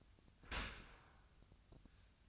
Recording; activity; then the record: daily activity, microphone in the room; open dishwasher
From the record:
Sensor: 2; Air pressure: 1004.5 hPa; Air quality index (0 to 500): 112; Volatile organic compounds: 3 ppm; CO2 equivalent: 1351 ppm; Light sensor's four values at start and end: 6/15/6/6 and 6/15/6/6